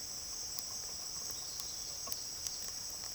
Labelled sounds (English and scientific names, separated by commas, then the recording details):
none
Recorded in pastures near Puerto Asís, Putumayo, Colombia, on 22 June 2025 at 08:30
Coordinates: 0.502, -76.324
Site G010